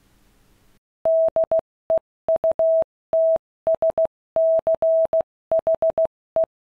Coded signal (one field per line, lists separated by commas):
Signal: Morse code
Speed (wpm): 16 wpm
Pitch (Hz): 650 Hz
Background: none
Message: DEUTSCHE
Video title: Why are Luftwaffe radios the best?